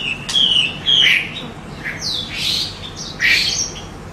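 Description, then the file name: Hwamei song: loud whistled phrases and slurred notes, some rising and falling, delivered in bursts with short pauses between them. Female bird. "hwamei betina omkicau"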